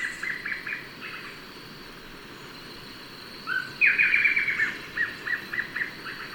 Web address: Natures Songs S America Birds of Ecuador Blackish Antbird